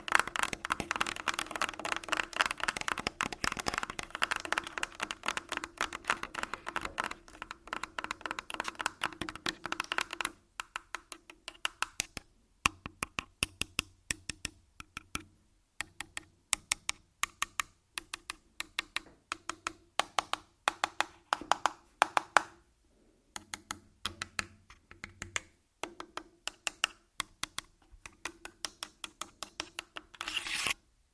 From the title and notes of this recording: ASMR Tascam Full Body Tapping & Scratching (No Talking).